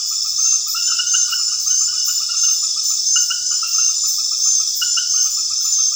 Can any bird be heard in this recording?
no